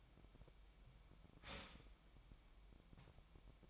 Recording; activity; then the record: daily activity, microphone in the room; start toaster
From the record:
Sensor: 1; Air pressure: 1001.9 hPa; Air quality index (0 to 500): 238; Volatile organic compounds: 43 ppm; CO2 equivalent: 3192 ppm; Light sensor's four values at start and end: 10/35/13/15 and 10/36/13/15